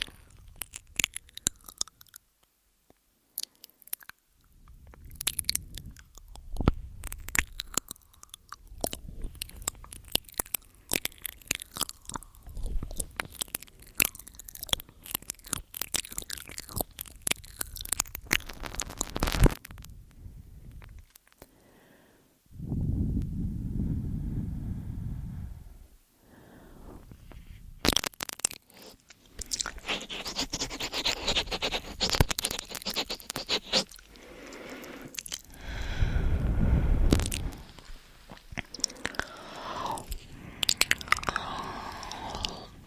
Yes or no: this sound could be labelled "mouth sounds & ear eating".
yes